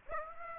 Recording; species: mosquito wingbeat signal from an infrared sensor; Aedes aegypti